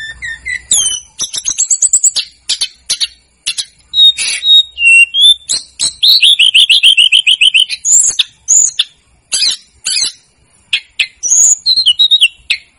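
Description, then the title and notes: Snowy-browed flycatcher song: long, lively sequence of high ticks, twitters and thin whistles, including a fast descending trill and repeated sharp clicking notes. Masteran (training recording) of the bird known locally as tledekan gunung or sikatan gunung, used to teach songs to cage birds. "Masteran Tledekan Gunung Sikatan Gunung 1. BURUNG TLEDEKAN"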